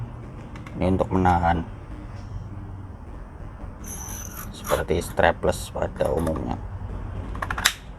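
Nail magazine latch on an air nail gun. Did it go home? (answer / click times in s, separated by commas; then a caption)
yes / 7.7 s. Someone talks while closing the nail magazine on an NRT Pro air nail gun and pressing it shut. A quick series of clicks builds from about 7.4 s, ending in a sharp klek at 7.7 s as the plastic and metal magazine latch snaps home and the magazine is seated.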